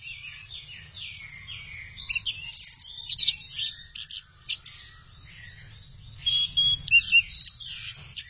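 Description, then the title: Thrush song of quick, scratchy high notes in short clusters, pausing briefly midway before another burst of sharp twittering, over a faint low hum. "burung anis x"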